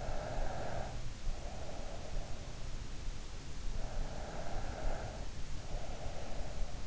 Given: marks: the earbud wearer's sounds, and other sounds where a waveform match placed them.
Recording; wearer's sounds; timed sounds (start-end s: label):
sounds in sleep by an in-ear microphone; breath
0.02-2.65 s: breath
3.78-6.87 s: breath